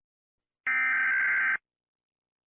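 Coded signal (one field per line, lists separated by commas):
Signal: Emergency Alert System (SAME) tones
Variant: header bursts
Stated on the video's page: Fictional EAS scenario about a creature; simulated alert.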